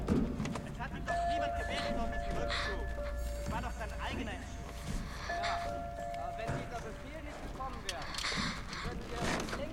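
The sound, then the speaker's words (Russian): Steady footsteps of a German man walking behind a shop counter thud and knock in a repeated walking rhythm, each step a short sharp impact, over a busy background with a faint sustained tone running through parts of it. “Раздаются шаги.”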